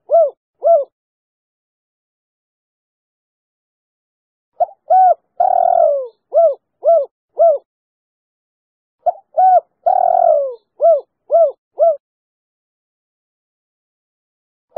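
Spotted dove call phrases repeated several times, each a few short arched coos around a longer falling coo, with silence between.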